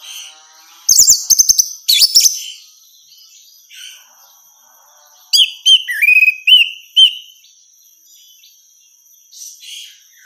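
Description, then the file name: Orange-headed thrush calls: bursts of sharp, buzzy chirps, then a quick run of rising and falling whistled notes, with a faint steady high hiss throughout. Female. "suara burung anis merah betina"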